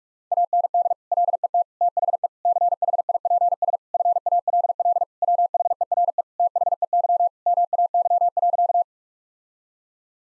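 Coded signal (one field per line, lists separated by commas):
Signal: Morse code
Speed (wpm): 41 wpm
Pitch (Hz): 700 Hz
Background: none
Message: AND LET THE CHIPS FALL WHERE THEY MAY.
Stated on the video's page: Morse code practice at 45 wpm of sentences containing common eight-word phrases, first words spoken as a guide, each sent, spoken, then sent again.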